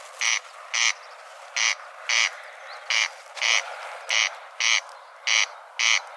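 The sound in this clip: Corn crake rasping call, dry grating double bursts 'crex crex' repeated steadily, about five pairs in six seconds, against a faint background hiss.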